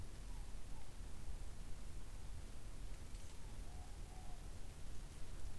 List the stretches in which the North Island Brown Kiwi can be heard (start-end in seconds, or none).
none